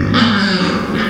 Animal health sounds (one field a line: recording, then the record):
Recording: squeal of a Yucatan mini pig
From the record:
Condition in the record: after surgery on the right vocal fold (resection and tissue-engineered implant)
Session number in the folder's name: 14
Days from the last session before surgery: 133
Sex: female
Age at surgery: 19 weeks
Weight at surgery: 25 kg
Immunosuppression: prednisolone